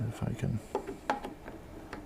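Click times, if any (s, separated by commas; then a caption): 1.1 s. A memory module is lined up and pushed down into a motherboard DIMM slot while someone talks, with light rubbing and scraping as it goes in. A sharp click at 1.1 s marks the single-side latch lever snapping over as the module seats, followed by a few softer ticks.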